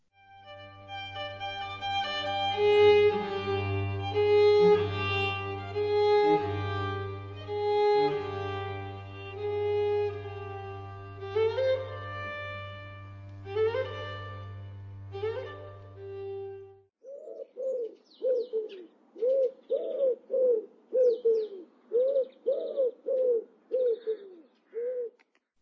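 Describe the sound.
Orchestral strings play over a sustained low drone, then give way to a series of soft, low, rhythmic cooing phrases, with the violin imitating a European wood pigeon's call among background birds, repeated steadily to the end.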